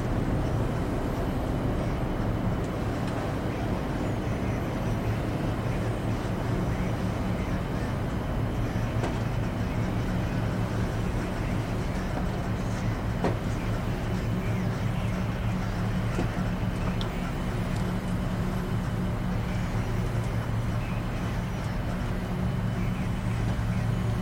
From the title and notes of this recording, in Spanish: Ambiente de Cabina de Transbordador para un Sueño Profundo.